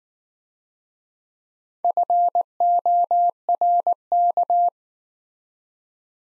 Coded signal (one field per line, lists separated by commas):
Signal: Morse code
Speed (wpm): 18 wpm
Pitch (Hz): 700 Hz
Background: none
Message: FORK